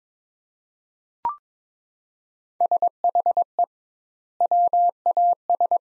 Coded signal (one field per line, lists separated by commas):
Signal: Morse code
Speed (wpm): 22 wpm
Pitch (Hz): 700 Hz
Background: none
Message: SHE WAS